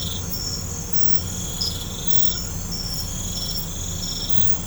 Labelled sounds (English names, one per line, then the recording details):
none
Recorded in pastures near Puerto Asís, Putumayo, Colombia, on 16 December 2024 at 00:30
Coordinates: 0.505, -76.324
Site G063